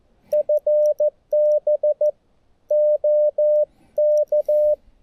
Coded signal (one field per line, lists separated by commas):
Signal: Morse code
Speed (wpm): 15 wpm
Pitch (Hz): 600 Hz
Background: none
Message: FB OK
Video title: Portable Morse Code QRS Night, PoLo App & Bug QSO!